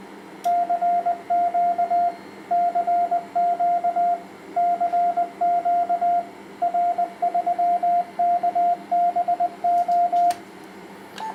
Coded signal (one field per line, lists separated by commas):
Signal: Morse code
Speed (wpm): 20 wpm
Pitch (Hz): 700 Hz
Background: radio noise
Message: CQ CQ CQ R3KBO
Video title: Test HF/6 m power amplifier BLF188XR heat pipes 1200W 1.8-54 MHz